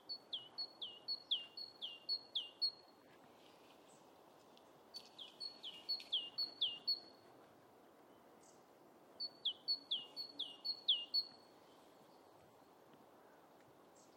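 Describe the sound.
Great tit song in three bursts, each a rapid run of several repeated high-low paired notes, separated by pauses, over constant low hiss.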